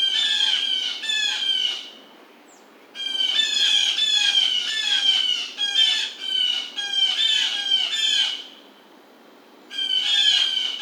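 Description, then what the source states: Blue jay giving rapid runs of harsh, buzzy squawks in three bouts separated by brief pauses. Recorded 2009-07-27.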